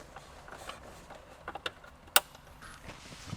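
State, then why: Seated. Factory gray and black plastic radio harness connectors are pushed back into the radio unit of a Toyota Prius during a Beat-Sonic plug-and-play amplifier install. Faint plastic rustles and softer taps lead up to one sharp, loud click at 2.2 seconds. The connector is seated.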